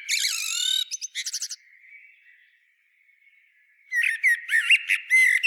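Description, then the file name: Common blackbird: a squeaky twittering phrase, a couple of seconds of near silence, then another rapid run of whistled and harsh notes. "Turdus merula"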